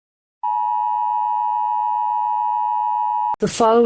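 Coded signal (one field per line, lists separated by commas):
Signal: Emergency Alert System (SAME) tones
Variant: 853 and 960 Hz attention tone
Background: speech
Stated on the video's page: Fictional videogame-based scenario alert, simulated.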